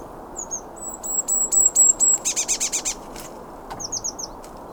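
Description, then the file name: Eurasian blue tit calls: thin high notes lead into a rapid series of buzzy, scolding notes, then a few quick falling chirps over low background noise. "Cyanistes caeruleus"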